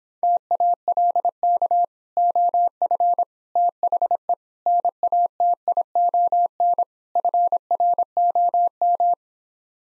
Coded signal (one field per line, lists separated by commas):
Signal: Morse code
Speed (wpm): 26 wpm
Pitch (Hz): 700 Hz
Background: none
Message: TALK OF THE NATION FROM